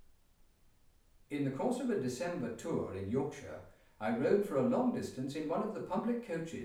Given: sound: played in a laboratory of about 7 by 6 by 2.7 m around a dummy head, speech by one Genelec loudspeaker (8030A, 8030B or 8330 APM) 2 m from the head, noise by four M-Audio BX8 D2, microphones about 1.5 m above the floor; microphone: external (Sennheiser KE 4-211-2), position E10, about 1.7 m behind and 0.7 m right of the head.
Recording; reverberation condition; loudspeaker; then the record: male speech in English; medium; 90 degrees to the left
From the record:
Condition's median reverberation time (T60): about 510 ms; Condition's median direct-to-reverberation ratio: about -0.5 dB